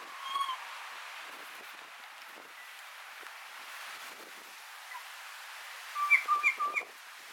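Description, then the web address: Kokako call: a short whistle, a quiet stretch, then a rapid series of short whistles alternating between a low and a high pitch, repeated a few times. "sound kōkako"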